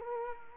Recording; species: mosquito wingbeat signal from an infrared sensor; Culex quinquefasciatus